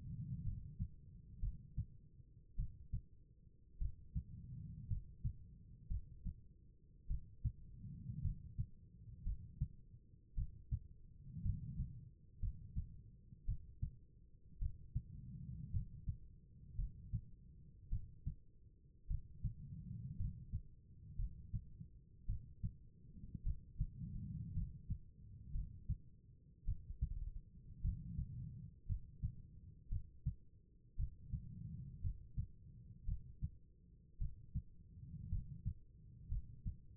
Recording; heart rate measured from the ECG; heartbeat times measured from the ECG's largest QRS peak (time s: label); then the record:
heart sounds by stethoscope; 55 bpm
0.43 s: heartbeat
1.40 s: heartbeat
2.56 s: heartbeat
3.78 s: heartbeat
4.88 s: heartbeat
5.88 s: heartbeat
7.07 s: heartbeat
8.22 s: heartbeat
9.24 s: heartbeat
10.35 s: heartbeat
11.42 s: heartbeat
12.40 s: heartbeat
13.45 s: heartbeat
14.59 s: heartbeat
15.71 s: heartbeat
16.76 s: heartbeat
17.89 s: heartbeat
19.07 s: heartbeat
20.17 s: heartbeat
21.16 s: heartbeat
22.26 s: heartbeat
23.43 s: heartbeat
24.53 s: heartbeat
25.52 s: heartbeat
26.65 s: heartbeat
27.81 s: heartbeat
28.86 s: heartbeat
29.89 s: heartbeat
30.96 s: heartbeat
32.01 s: heartbeat
33.05 s: heartbeat
34.18 s: heartbeat
35.29 s: heartbeat
36.29 s: heartbeat
From the record:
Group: healthy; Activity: rest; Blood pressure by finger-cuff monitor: 93/62 mmHg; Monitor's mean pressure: 72 mmHg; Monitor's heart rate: 54 bpm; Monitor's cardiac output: 4.3 L/min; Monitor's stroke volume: 78 mL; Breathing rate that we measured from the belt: 15 breaths a minute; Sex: female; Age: 36 years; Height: 163 cm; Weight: 88 kg